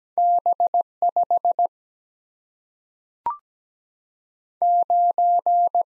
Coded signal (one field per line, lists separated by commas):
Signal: Morse code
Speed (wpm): 17 wpm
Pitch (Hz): 700 Hz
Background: none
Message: B5 9